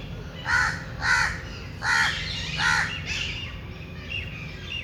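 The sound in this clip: Bird gives a quick series of five harsh, grating caws, trailing off into softer chatter over a low background hum.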